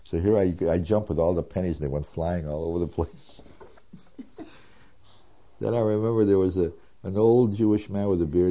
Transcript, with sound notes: So here I jumped, and all the pennies, they went flying all over the place. (laughs) Then I remember there was an old Jewish man with a beard.